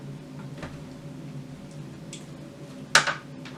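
A plastic toilet seat is lowered from above onto its hinge mounting posts on the toilet bowl and pressed down. After a few faint knocks, a sharp, loud snap at 2.9 s marks the seat seating onto the hinge mounts, followed by a brief softer rebound sound over a low steady hum.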